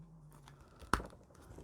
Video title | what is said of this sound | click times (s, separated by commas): McFarlane Toys DC Multiverse SUPERMAN action figure, YOUTUBE Unboxing & Review | snaps right in there and looks like that okay | 0.9 s